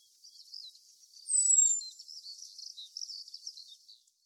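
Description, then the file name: Common blackbird giving a single thin, very high whistle that slides downward, with faint high twittering around it and no low sounds. "Turdus merula"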